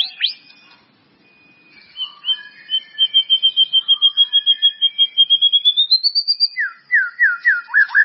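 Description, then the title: White-rumped Shama: songbird whistling a long, evenly repeated series of identical notes that rises at the end, followed by several sharp downslurred notes. "murai batu"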